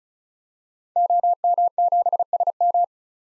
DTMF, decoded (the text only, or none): none